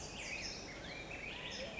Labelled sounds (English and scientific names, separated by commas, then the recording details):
Black-headed Grosbeak (Pheucticus melanocephalus)
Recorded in Sonoma County, California